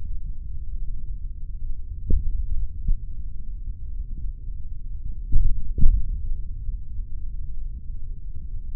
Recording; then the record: forearm muscle sounds (acoustic myography)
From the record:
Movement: finger pinch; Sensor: system 3, bracelet of six PUI Audio POM-2738L microphones around the upper forearm, with dedicated amplification and filtering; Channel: 5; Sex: male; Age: 26 years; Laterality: right